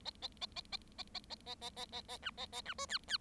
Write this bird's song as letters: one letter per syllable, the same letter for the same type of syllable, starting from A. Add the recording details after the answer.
A A A A A A A A A A A A A B A A B C D D. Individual Bird7